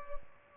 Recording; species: mosquito wingbeat signal from an infrared sensor; Culex pipiens